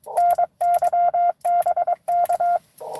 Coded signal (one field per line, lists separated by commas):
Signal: Morse code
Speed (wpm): 23 wpm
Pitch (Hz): 700 Hz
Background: none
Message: NY BK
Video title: N2AKJ is live! Doing pota and 12 days of xmas at us-2147 #pota #cw